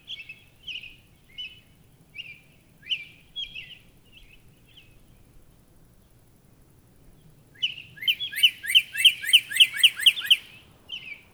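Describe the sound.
Northern cardinal song: several slurred whistled phrases spaced apart, then a quick run of about eight sharp downslurred notes near the end.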